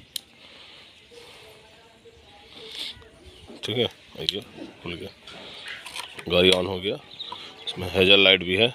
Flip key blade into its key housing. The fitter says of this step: पूस करके इसे लॉक हो जाएगा